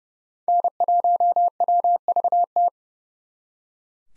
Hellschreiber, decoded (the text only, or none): none